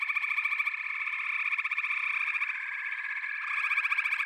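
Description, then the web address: Chorus of frogs: fast, rattling trills pile on top of each other into an unbroken high-pitched pulsing hum, a little fuller at the start and end. A chorus of frogs calling together. "The Natural Sounds of the Wilderness. Echoes of Nature - Frog Chorus"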